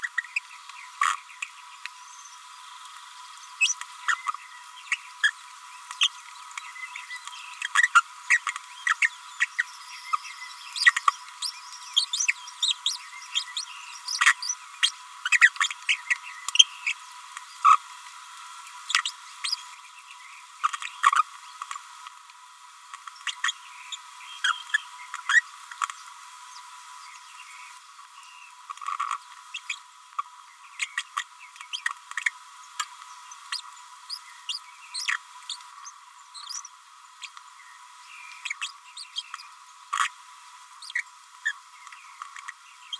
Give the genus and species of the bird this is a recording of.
Forpus passerinus